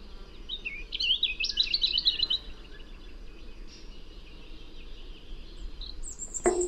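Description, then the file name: European robin song, a rapid high jingling phrase of mixed notes, then faint notes and a sudden loud click near the end. "Erithacus rubecula"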